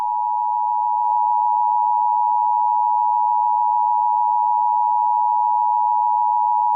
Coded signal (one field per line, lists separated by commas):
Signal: Emergency Alert System (SAME) tones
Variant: 853 and 960 Hz attention tone